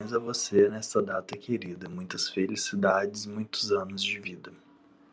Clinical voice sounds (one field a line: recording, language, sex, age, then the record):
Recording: short text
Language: Brazilian Portuguese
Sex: male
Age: 30 to 39 years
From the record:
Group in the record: control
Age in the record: 34 years